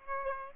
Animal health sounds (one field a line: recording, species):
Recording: mosquito wingbeat signal from an infrared sensor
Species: Aedes aegypti